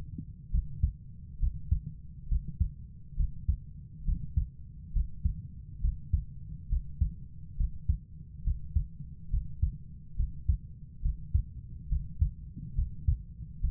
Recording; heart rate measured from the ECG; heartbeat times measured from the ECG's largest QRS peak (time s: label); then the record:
heart sounds by stethoscope; 69 bpm
0.51 s: heartbeat
1.40 s: heartbeat
2.29 s: heartbeat
3.16 s: heartbeat
4.05 s: heartbeat
4.93 s: heartbeat
5.81 s: heartbeat
6.69 s: heartbeat
7.57 s: heartbeat
8.44 s: heartbeat
9.30 s: heartbeat
10.16 s: heartbeat
11.02 s: heartbeat
11.89 s: heartbeat
12.75 s: heartbeat
13.61 s: heartbeat
From the record:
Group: healthy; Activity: breath hold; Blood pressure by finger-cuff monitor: 121/62 mmHg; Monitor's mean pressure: 78 mmHg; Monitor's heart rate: 68 bpm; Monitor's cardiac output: 6.3 L/min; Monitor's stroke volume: 93 mL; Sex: female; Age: 22 years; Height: 160 cm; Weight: 63 kg